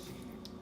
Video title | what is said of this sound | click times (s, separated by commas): Unboxing Apple Watch Ultra 2!! | a pretty simple operation these just snap into place and you | 0.5 s